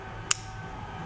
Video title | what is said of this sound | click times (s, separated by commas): Using your INTENSE 951 Series Tool Kit | once that collar locks in place that'll indicate it's in the appropriate spot within tenth of a newton meter | 0.3 s